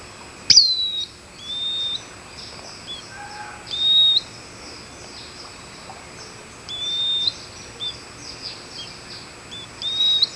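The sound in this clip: Bird making thin high whistles, a few short notes at irregular intervals, over steady hiss.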